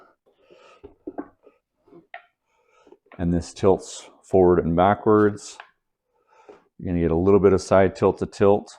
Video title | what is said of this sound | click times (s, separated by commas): KTC 27 Inch QHD 100Hz ! PC Monitor for Casual Gaming and Working | and just click in place | 2.1 s